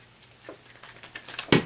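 A sheathed M48 Talon tactical spear is shaken, producing a few small rattles and taps, and the blade sheath pops off the spear head. The sheath comes free with a loud knock at 1.5 s.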